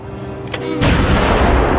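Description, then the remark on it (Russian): The bow gun of the cruiser Aurora, loaded by its sailors, fires a blank shell on 25 October 1917 at 21:40: a brief sharp crack, then a heavy, loud boom that swells into a sustained, rolling low rumble. Nobody speaks. “25 октября 1917 года моряки крейсера «Аврора» зарядили носовое орудие холостым снарядом.”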